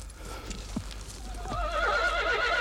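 A horse lets out a loud, high, quavering whinny that rises and trembles through the second half, following a couple of dull knocks and soft rustling at the start.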